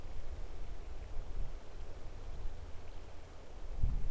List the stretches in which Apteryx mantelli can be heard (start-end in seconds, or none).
none